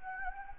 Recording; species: mosquito wingbeat signal from an infrared sensor; Anopheles gambiae